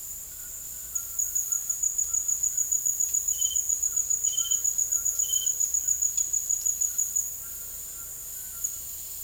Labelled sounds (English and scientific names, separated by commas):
none